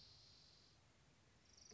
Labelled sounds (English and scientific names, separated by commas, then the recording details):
Spotted Towhee (Pipilo maculatus)
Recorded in Sonoma County, California